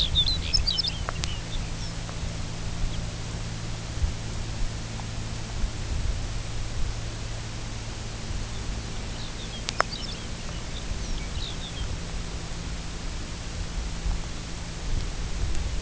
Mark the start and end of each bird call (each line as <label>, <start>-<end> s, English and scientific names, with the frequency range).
Lapland Longspur (Calcarius lapponicus) (1.9-7.2 kHz), 0.00-1.99 s
Lapland Longspur (Calcarius lapponicus) (2.6-4.2 kHz), 2.85-3.02 s
Lapland Longspur (Calcarius lapponicus) (2.1-6.4 kHz), 8.40-11.97 s